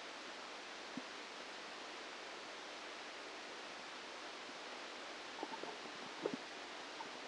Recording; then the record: brain microelectrode recording played as sound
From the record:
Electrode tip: outside the subthalamic nucleus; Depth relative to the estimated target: -6 mm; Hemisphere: right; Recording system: NeuroSet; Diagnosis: Parkinson's disease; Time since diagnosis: 9 years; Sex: female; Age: 51 years